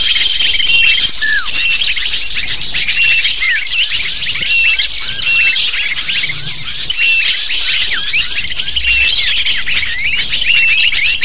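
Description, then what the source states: Lovebirds chattering in a dense flock, with rapid, shrill, overlapping chirps and squeaks that go on without pause, plus a thin steady high tone near the start. Calls used as a lure (pikat) to attract lovebirds.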